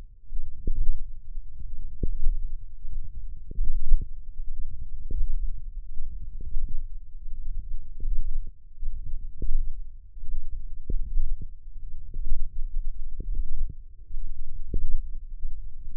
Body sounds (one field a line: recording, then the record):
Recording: forearm muscle sounds (acoustic myography)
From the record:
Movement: radial deviation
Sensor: system 1, eight BSWA MPA416 microphones around the upper forearm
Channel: 5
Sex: female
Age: 21 years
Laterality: right